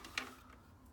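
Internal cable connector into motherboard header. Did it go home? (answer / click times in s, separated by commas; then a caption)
yes / 0.2 s. An internal cable connector is pushed back onto its motherboard header and snaps into place with a sharp click at 0.2 s. A faint tick comes just before it, and then only a low hum remains. The connector is seated.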